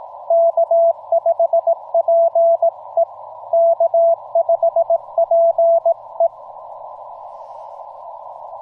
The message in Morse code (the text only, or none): K5PE K5PE